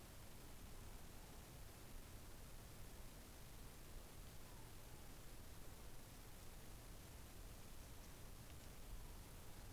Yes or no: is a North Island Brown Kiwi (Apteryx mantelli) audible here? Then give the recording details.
no. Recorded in New Zealand on 6 December 2014. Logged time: 23:43. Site BV21